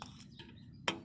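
A snap fastener on a fabric skirt strap under a trailer is pressed onto its mating snap. After low background noise and a couple of faint ticks, a sharp, bright snap rings out at 0.9 s as the fastener seats closed.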